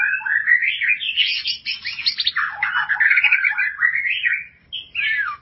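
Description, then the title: White-rumped shama delivering a continuous stream of fluty, sweeping whistles and buzzy twittered notes, rising and falling, with a short pause near the end. "Kicau Murai Batu"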